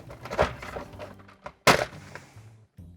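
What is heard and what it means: With its 13 screws already removed, the plastic back housing of a toy keyboard is pried off its front shell, with soft scraping and light taps first. At 1.7 s a loud thunk sounds as the snap-fit halves, which are also held by snap fits at the screw holes, pop apart and the case comes open.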